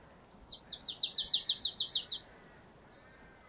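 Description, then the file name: Marsh tit giving a rapid string of about ten bright, down-slurred high notes lasting under two seconds, then a faint single note. "Poecile palustris"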